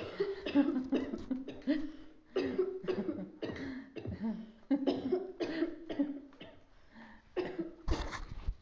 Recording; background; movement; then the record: laughter; a bystander coughing; sitting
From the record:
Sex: female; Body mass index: 25.5 kg/m2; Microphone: on the chest, facing outward